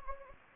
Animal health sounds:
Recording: mosquito wingbeat signal from an infrared sensor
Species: Anopheles gambiae

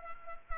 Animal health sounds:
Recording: mosquito wingbeat signal from an infrared sensor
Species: Culex pipiens

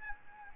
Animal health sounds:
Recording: mosquito wingbeat signal from an infrared sensor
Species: Aedes albopictus

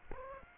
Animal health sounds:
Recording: mosquito wingbeat signal from an infrared sensor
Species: Aedes aegypti

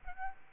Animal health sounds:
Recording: mosquito wingbeat signal from an infrared sensor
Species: Aedes albopictus

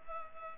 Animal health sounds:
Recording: mosquito wingbeat signal from an infrared sensor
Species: Culex pipiens

